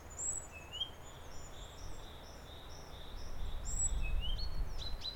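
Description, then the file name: Great tit calls, a high note and rising whistle twice, separated by a rapid string of soft even notes, while low rumbling noise swells toward the end. "Parus major"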